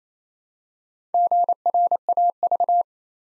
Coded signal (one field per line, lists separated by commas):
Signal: Morse code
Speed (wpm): 27 wpm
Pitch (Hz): 700 Hz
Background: none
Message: GRAV